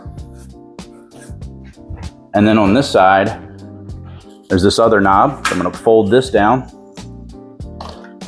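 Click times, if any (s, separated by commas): none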